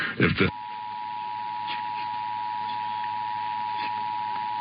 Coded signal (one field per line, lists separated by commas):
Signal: Emergency Alert System (SAME) tones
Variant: 853 and 960 Hz attention tone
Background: speech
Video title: Minnesota and Wisconsin Monthly Tests (EAS #559-569) 8/7/24